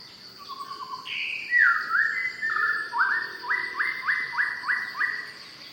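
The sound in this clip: Shama song: soft low notes, a bright whistle, then a series of repeated rising whistled notes in quick rhythm, with steady insect drone.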